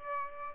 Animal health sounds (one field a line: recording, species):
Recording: mosquito wingbeat signal from an infrared sensor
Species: Aedes aegypti